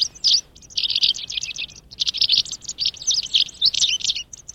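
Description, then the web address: White wagtail song: a lively run of high, thin twittering chirps in quick, uneven bursts, with scarcely a pause between phrases. "canti ballerinabianca. uccellini"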